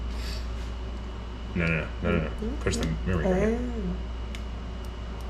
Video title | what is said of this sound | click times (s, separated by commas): Time To Ramp THIS Up - We Will Sleep Better - ReoLink Security | there you go and it just clicks in there and you close this up so it is waterproof | 4.4 s